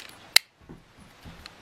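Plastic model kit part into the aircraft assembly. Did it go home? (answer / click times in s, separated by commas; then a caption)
yes / 0.4 s. A plastic part of an Airfix 1:72 Nakajima B5N2 "Kate" aircraft model kit is pressed onto its mating part in the aircraft assembly as a dry fit. It gives one sharp snap at 0.4 s as it seats into place, followed by faint handling clicks near 1.5 s and 1.6 s.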